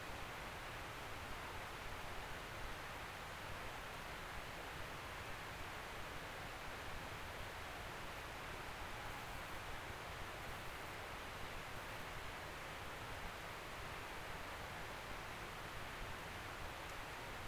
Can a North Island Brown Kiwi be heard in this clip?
no